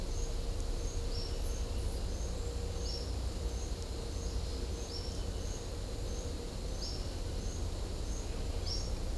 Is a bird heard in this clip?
yes